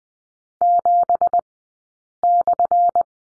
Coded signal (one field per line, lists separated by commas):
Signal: Morse code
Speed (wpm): 20 wpm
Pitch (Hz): 700 Hz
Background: none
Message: 7/